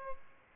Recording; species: mosquito wingbeat signal from an infrared sensor; Aedes albopictus